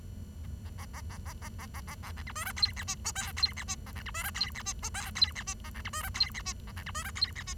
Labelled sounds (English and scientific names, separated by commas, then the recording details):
Bengalese Finch (Lonchura striata domestica) song
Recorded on 23 June 2012 at 09:19
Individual gr41rd51